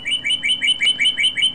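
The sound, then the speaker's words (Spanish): A western sandpiper calling: a rapid, evenly spaced series of about eight thin, high chirping notes, each rising slightly, fairly loud and clear with no voices over it. “El Corremolinos de Alaska.”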